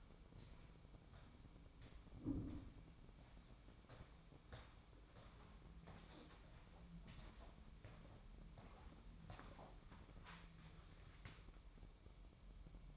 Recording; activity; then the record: daily activity, microphone in the room; walk to room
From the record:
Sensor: 1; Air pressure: 1008.2 hPa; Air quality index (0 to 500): 140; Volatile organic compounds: 2 ppm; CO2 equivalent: 1176 ppm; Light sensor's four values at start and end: 10/23/9/10 and 10/23/9/10